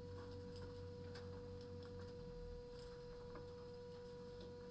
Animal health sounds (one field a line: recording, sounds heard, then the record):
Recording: poultry house recording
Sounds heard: no chicken sound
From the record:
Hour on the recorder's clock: 22